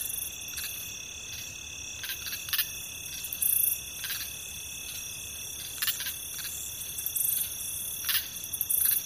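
Crickets trilling continuously on several high steady pitches, overlaid with frequent short crackling bursts.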